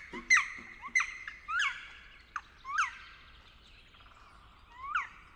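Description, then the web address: Black woodpecker giving a series of sharp calls, irregularly spaced, with a longer gap before the last. "pic noir. oiseaux de nos forets"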